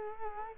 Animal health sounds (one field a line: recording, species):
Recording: mosquito wingbeat signal from an infrared sensor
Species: Culex quinquefasciatus